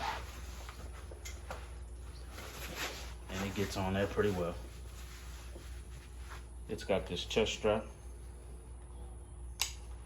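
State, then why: Seated. Someone talks while wearing a get-home emergency backpack in a garage, then fastens its plastic, non-adjustable chest-strap buckle. A single sharp click sounds at 9.6 s as the buckle snaps shut and the strap locks in place.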